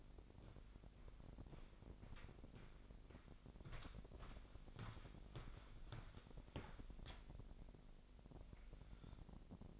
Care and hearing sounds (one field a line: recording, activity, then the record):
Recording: daily activity, microphone in the room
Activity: walk to room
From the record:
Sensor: 5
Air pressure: 999.5 hPa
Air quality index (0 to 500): 224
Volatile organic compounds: 21 ppm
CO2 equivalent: 2737 ppm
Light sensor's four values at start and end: 35/81/32/31 and 33/75/31/30